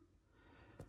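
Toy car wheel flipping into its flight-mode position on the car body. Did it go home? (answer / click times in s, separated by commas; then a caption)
yes / 0.8 s. A wheel on a plastic Playmobil DeLorean toy car is gently pushed toward the wheel arch, releasing it so it flips around into flight mode. A soft, short click is heard at 0.8 s against quiet background noise. The wheel seats in its flight-mode position with a satisfying click.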